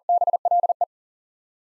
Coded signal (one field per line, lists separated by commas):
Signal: Morse code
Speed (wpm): 40 wpm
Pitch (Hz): 700 Hz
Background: none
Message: BLE